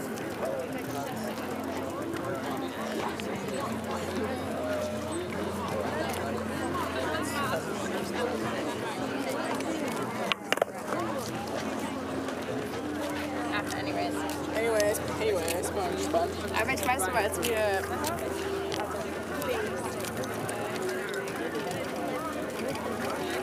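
Hundreds of people go about their activities on the Tempelhofer Freiheit in Berlin, their voices blending into a steady, dense chatter. A low, constant hum runs underneath throughout. Around ten seconds a brief sharp knock stands out, and a louder voice rises near seventeen seconds.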